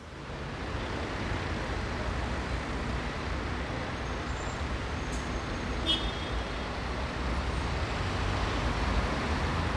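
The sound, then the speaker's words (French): Steady, dense roar of slowing city traffic on Cours Jean Jaurès in Grenoble, heard from the overpass above, with trucks and buses idling and maneuvering, engines rumbling low, a brief hiss of air brakes and a few high squeals over the continuous wash. “Tout d'abord la circulation polymorphe du cours avec ses ralentissements et ses manœuvres, bientôt recouverte par le flux rapide des boulevards.”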